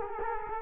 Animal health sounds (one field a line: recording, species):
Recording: mosquito wingbeat signal from an infrared sensor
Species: Culex quinquefasciatus